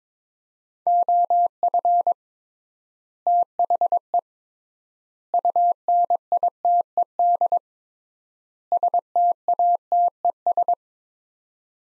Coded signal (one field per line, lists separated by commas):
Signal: Morse code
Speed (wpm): 22 wpm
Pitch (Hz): 700 Hz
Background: none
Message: OF THE UNITED STATES